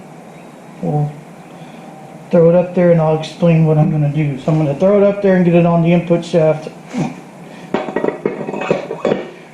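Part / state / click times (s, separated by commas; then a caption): torque converter onto automatic transmission input shaft / not seated / none. A heavy steel Jegs XHD 60431 torque converter is lifted and slid onto the input shaft of a TH400 automatic transmission for a 5.3 swap in a Dakota while someone talks. Short metal handling knocks are heard at about 7.8, 8.0, 8.3 and 9.1 seconds. The converter is on the shaft but not all the way in, and nothing has seated or clicked yet.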